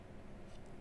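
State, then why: Not seated. A Milwaukee FastBack Craft Blade Cutter folding utility knife has its black button held while the blade is folded back toward its metal and plastic handle. Only low, steady handling noise is heard, with a faint brief high hiss partway through. The blade has not locked closed and nothing has clicked yet.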